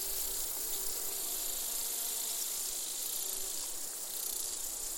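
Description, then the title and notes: Insect chorus (bees, grasshoppers and crickets): a continuous high shimmering hiss with faint low buzzing hums coming and going. Bees, grasshoppers and crickets in gentle summer chorus, recorded in an open meadow near the Col de Châtillon, 1680 metres altitude. "featuring bees, grasshoppers and crickets, was recorded in an open meadow near the Col de Châtillon"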